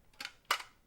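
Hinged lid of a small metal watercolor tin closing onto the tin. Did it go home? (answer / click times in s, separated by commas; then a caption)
yes / 0.5 s. The hinged lid of a small metal fold-up watercolor palette tin, about the size of a three-by-five card with the watercolors inside, is closed onto the tin. A softer metallic tap comes at about 0.2 s, then a sharp, bright click at 0.5 s as the lid snaps shut and latches.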